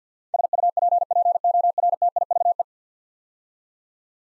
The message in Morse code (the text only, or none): SUPPORTIVE